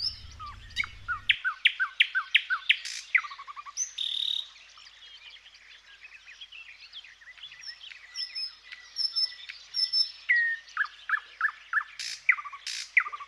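Thrush nightingale song with fast repeated sharp notes, a brief harsh rattle, then quieter varied twitters and another run of descending notes.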